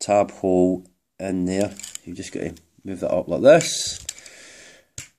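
Someone talks while handling a plastic tab on a Transformers Combiner Wars Optimus Prime transforming robot toy, moving it up toward its tab hole, with brief soft handling noises and a sharp tick near the end. Nothing has seated or clicked in yet.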